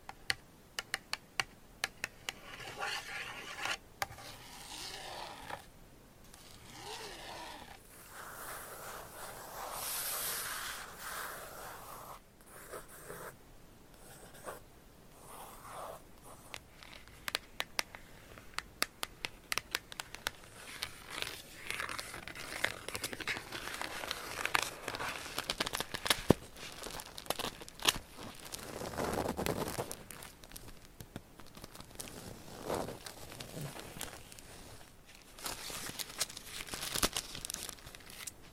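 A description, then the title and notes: Bright scratching and crinkling with frequent sharp taps throughout, shifting in texture every few seconds, without talking. ASMR Scratching & Tapping for People with Short Attention Span ASMR for ADHD - No Talking.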